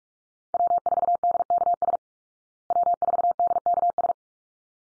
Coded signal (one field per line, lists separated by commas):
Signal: Morse code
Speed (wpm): 44 wpm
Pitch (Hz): 700 Hz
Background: none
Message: W4DKS W4DKS